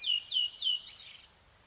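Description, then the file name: Common blackbird song: three clear whistled notes, each sliding downward, given in quick succession, then a thin high squeaky flourish that fades away. "Turdus merula"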